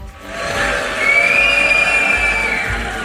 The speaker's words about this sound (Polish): Kilkudziesięciu delegatów wyszło z sali zgromadzenia ogólnego, kiedy do mównicy podszedł premier Izraela. Rozległy się gwizdy i buczenie, a jednocześnie oklaski i nawoływania prowadzącego obrady o zachowanie porządku.